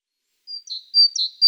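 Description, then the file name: Great tit calling, a brief series of high thin notes alternating between two pitches, after a short silence. "Parus major"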